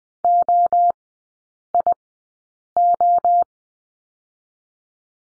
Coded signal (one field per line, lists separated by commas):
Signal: Morse code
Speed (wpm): 20 wpm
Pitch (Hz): 700 Hz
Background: none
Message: OIO